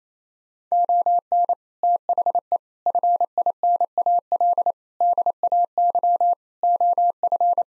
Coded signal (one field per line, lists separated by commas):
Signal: Morse code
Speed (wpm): 28 wpm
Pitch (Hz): 700 Hz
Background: none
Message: ON THE FINAL DAY OF